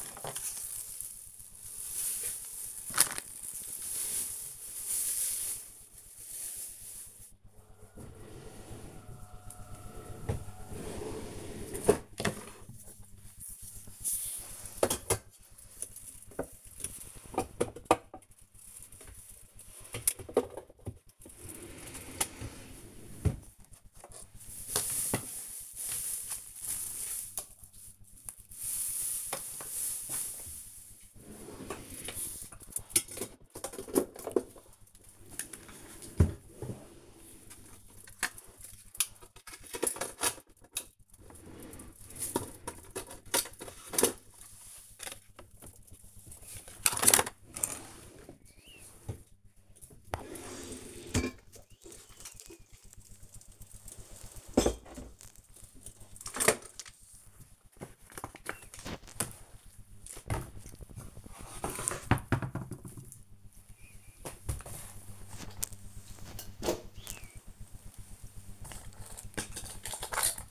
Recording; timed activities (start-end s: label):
household activities, microphone on the right wrist
0.00-70.51 s: tidy up the cupboard